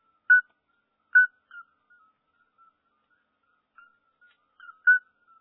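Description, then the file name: Toad calling with brief clear piping notes, loud ones about every second at first, then a pause and more notes, fainter piping in between. "crapaud"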